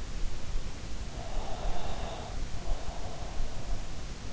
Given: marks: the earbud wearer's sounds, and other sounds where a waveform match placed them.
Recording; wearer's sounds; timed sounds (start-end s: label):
sounds in sleep by an in-ear microphone; breath
1.04-3.53 s: breath